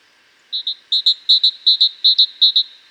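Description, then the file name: Great tit song: a clear, high two-note phrase repeated six times in quick succession, each pair of notes evenly spaced, with a quiet background. "Parus major"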